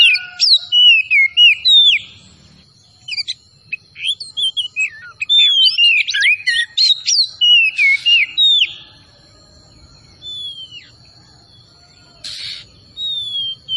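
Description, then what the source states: Oriental magpie-robin song: fast, varied whistled phrases sliding down and up in bursts, then a long pause before a final short burst, with a steady high tone running underneath. Kacer Tretes bird, singing vigorously (gacor).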